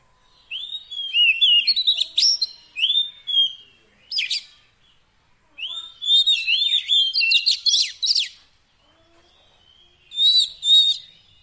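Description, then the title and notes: Oriental magpie-robin song of varied whistled phrases, upslurred notes and scratchy chatter, coming in short bursts with brief silences between them. Long-duration fill-in (isian) song meant to make a kacer sing vigorously (gacor) day and night. "Kacer Jadi Gacor Siang Malam. Isian Kacer Durasi Panjang"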